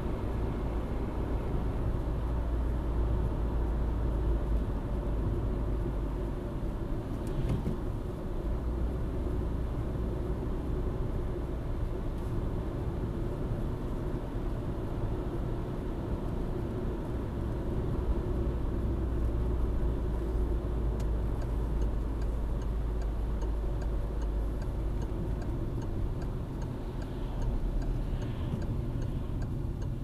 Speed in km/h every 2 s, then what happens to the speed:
76, 72, 65, 63, 65, 66, 67, 67, 63, 58, 56, 54, 48, 37, 19.
0-5 slows to 63. 5-14 steady at about 66. 14-30 slows to 19.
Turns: none.